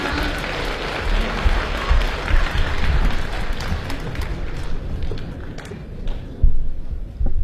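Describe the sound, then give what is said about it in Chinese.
A large audience at a xiangsheng (crosstalk) show applauds to welcome the famous performer Li Jindou and his student, steadily for several seconds, a dense, even wash of many hands clapping that thins slightly toward the end before a final burst. “咱们掌声有请著名相声表演艺术家李金斗老师和他的高徒刘颖，有请二位。”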